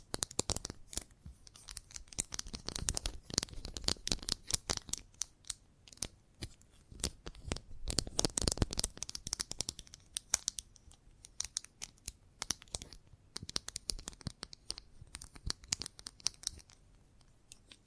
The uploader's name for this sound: Chalk Sounds Tapping, Scratching, Carving etc